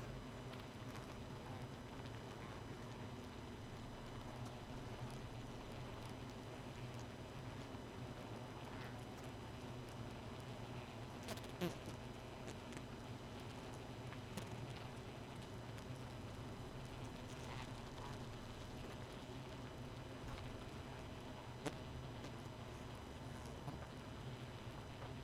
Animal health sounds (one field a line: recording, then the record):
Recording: honeybee colony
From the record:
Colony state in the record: missing queen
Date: 31 May 2018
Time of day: 1:22